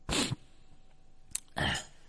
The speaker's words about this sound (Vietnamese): Ok, bây giờ đi nghỉ nhá, mình hơi mệt rồi, lạnh quá nó sụt sịt.